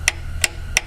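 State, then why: Torque reached. A click-type torque wrench is clicked again on the oil drain plug threaded into the engine oil pan of a BMW 1, 2, 3, 4 or 5 Series, X1 or X3, tightened to stop an oil leak from the drain plug. Three short, bright metallic clicks sound at 0.1, 0.4 and 0.8 s over a low steady hum. The wrench's click is confirmed at 0.1 s, showing the plug has reached torque.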